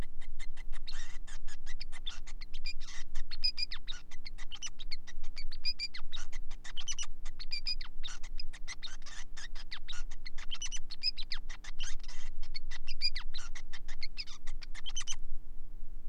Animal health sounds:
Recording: song of a male Bengalese finch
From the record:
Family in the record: son of father 5

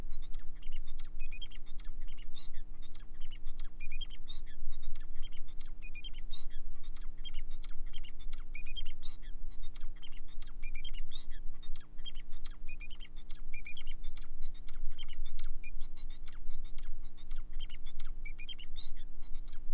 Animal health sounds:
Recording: song of a male Bengalese finch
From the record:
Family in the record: son of father 4

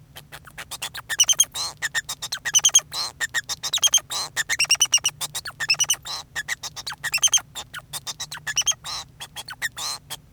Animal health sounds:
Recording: song of a male Bengalese finch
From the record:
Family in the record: son of father 2

